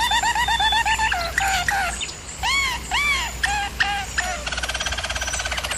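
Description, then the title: German Roller canary in a brief burst: quick repeated notes, a few arched whistled phrases, then a fast, buzzy trill to close. Canary training recording of a German Roller canary singing. "German Roller Canary Singing - Canary Training Vid"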